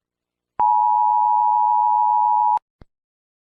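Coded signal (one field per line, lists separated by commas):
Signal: Emergency Alert System (SAME) tones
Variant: 853 and 960 Hz attention tone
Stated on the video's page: Fictional EAS scenario.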